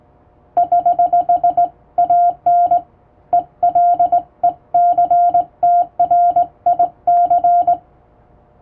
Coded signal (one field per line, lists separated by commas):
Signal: Morse code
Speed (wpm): 20 wpm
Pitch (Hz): 700 Hz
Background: none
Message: <HH> AN ELECTRIC